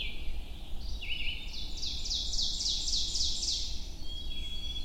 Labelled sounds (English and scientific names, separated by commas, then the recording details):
Ovenbird (Seiurus aurocapilla) song
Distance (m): 35 m
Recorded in boreal forest in Alberta, Canada, on 22 June 2016 at 05:30
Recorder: SongMeter 3, array SBT-6-76
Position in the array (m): 148 m, 110 m
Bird 3